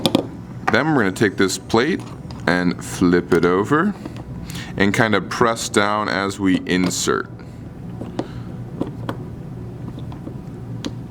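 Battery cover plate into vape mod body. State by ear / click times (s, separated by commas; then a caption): not seated / none. Someone talks while a battery cover plate for an iJoy Asolo 200W TC vape mod is flipped over and pressed down as it is inserted into the mod body over the batteries, with a few faint ticks and handling sounds after the talking stops. Nothing has seated or clicked yet; the plate is not home by the end of the clip.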